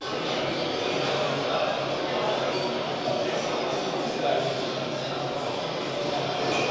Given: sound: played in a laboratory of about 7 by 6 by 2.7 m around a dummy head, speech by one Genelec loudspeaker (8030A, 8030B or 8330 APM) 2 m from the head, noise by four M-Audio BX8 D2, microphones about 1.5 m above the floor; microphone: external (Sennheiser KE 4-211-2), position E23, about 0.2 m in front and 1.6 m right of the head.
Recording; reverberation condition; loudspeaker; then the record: cafeteria noise; high; four, about 170 cm from the corners of the room and facing them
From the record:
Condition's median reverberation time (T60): about 1300 ms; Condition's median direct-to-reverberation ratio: about -4.0 dB